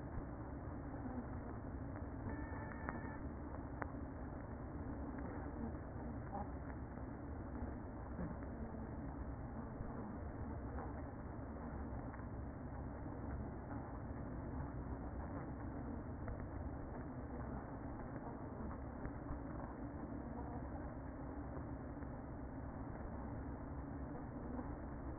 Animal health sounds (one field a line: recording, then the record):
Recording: honeybee colony, microphone inside the hive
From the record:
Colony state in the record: queen present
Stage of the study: after two queens were removed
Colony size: about 60,000 bees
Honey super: yes